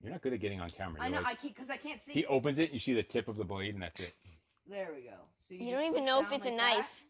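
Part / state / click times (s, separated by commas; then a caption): knife blade into its handle lock / not seated / none. People talk while handling a CRKT Provoke mechanical folding karambit, which opens by pushing down so the blade swings out toward its handle lock. Only speech is heard, with no sharp snap. The clip ends before the blade locks open, so nothing has seated or clicked yet.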